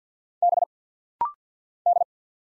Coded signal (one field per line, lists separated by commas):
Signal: Morse code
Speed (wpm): 50 wpm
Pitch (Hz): 700 Hz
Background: none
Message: B D